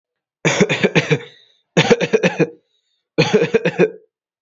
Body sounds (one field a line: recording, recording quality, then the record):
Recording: shallow voluntary cough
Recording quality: excellent, no background noise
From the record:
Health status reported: healthy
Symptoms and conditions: cold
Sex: male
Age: 18 years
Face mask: not worn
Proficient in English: yes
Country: India